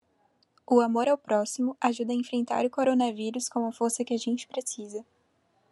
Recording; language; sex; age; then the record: spoken sentence; Brazilian Portuguese; female; 20 to 29 years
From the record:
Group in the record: control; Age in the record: 24 years